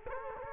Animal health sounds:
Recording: mosquito wingbeat signal from an infrared sensor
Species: Culex quinquefasciatus

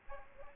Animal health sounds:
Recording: mosquito wingbeat signal from an infrared sensor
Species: Aedes aegypti

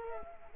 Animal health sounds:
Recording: mosquito wingbeat signal from an infrared sensor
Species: Culex quinquefasciatus

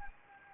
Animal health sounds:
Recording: mosquito wingbeat signal from an infrared sensor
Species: Anopheles gambiae

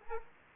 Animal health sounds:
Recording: mosquito wingbeat signal from an infrared sensor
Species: Anopheles gambiae

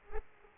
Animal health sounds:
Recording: mosquito wingbeat signal from an infrared sensor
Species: Aedes aegypti

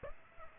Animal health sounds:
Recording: mosquito wingbeat signal from an infrared sensor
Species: Aedes aegypti

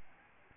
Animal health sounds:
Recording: mosquito wingbeat signal from an infrared sensor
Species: Aedes albopictus

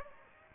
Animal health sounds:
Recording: mosquito wingbeat signal from an infrared sensor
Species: Aedes aegypti

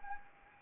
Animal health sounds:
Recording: mosquito wingbeat signal from an infrared sensor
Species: Anopheles arabiensis

